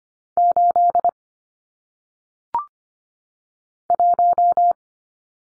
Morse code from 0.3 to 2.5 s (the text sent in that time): 8